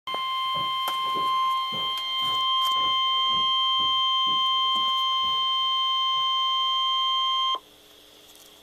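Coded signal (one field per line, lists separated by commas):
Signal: Emergency Alert System (SAME) tones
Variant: 1050 Hz attention tone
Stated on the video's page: Severe thunderstorm warning for south central Orange County, Virginia.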